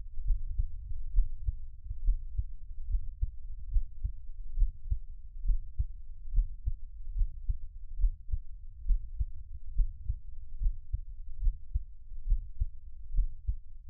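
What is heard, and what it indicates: Soft, deep thumps repeat steadily at about 69 a minute, with no talking and only a faint low hum behind them. This is an adult's own heartbeat heard close up, offered as Taiwanese ASMR for relaxation listening.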